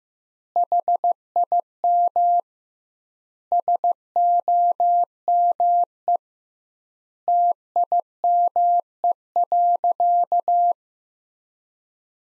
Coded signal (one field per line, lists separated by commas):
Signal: Morse code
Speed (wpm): 15 wpm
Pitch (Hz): 700 Hz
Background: none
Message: HIM SOME TIME.